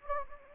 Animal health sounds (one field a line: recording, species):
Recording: mosquito wingbeat signal from an infrared sensor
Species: Anopheles gambiae